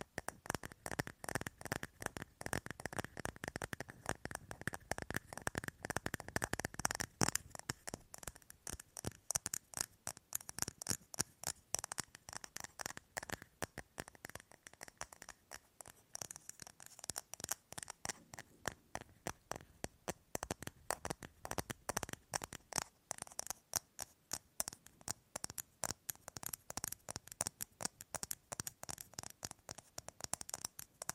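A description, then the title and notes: Tapping on various objects, with sharp clicks running in quick bursts and then slowing into more spaced, regular taps. The first seven seconds sound fuller and lower; after that the taps turn thinner and brighter, with brief pauses between runs. ASMR Fast & Slow Tapping on 6 Objects No Talking.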